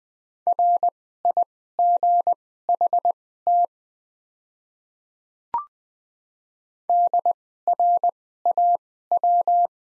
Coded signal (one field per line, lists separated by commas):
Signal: Morse code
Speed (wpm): 20 wpm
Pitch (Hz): 700 Hz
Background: none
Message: RIGHT DRAW